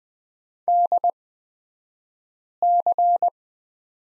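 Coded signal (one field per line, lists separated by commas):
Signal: Morse code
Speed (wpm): 20 wpm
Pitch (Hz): 700 Hz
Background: none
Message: DC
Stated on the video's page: Morse code course lesson on the letter Q at Farnsworth speed of 20/10 wpm.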